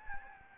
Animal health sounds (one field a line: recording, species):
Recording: mosquito wingbeat signal from an infrared sensor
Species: Aedes albopictus